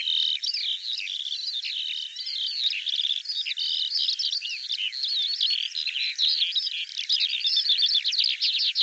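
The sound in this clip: Bird song, dense and jumbled, with quick chattering notes and whistles overlapping in a continuous busy warble.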